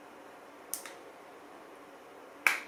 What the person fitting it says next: Voilà, vous avez entendu le tac, donc il est bien placé